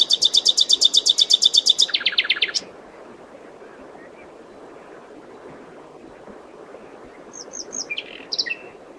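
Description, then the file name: Common nightingale: a loud, fast, very regular series of rattling notes dropping into buzzier lower ones, then quiet, with a few soft notes later. "Luscinia megarhynchos"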